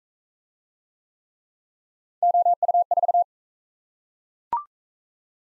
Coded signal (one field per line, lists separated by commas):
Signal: Morse code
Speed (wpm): 35 wpm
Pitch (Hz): 700 Hz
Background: none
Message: OU4